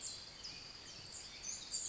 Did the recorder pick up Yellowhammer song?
no